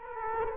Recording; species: mosquito wingbeat signal from an infrared sensor; Culex quinquefasciatus